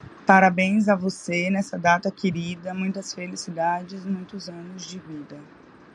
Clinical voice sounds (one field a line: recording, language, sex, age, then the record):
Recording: short text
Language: Brazilian Portuguese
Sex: female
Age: 20 to 29 years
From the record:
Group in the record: control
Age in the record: 27 years